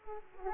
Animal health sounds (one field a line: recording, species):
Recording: mosquito wingbeat signal from an infrared sensor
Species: Aedes aegypti